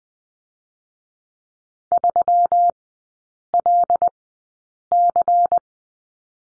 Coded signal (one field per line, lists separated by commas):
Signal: Morse code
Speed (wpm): 20 wpm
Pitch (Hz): 700 Hz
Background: none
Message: 3LC